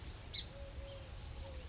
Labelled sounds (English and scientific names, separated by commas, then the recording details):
Eurasian Collared Dove (Streptopelia decaocto)
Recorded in Sonoma County, California